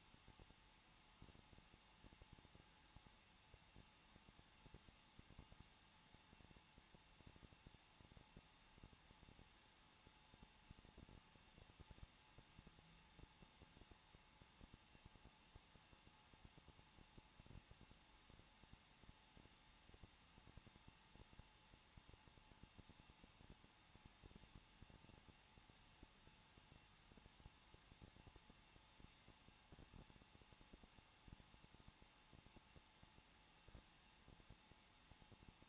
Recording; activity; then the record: daily activity, microphone in the room; no activity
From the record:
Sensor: 1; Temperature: 20.1 degrees Celsius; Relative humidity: 39.4%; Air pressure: 1006.4 hPa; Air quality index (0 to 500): 219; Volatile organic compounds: 81 ppm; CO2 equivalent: 3617 ppm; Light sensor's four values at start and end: 1/2/1/1 and 1/2/1/1